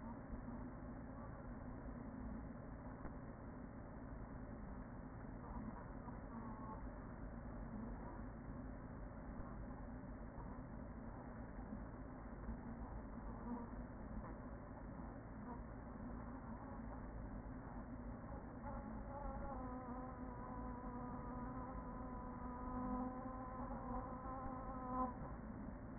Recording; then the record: honeybee colony, microphone inside the hive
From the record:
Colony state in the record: queen present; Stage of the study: after two queens were removed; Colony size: about 40,000 bees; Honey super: no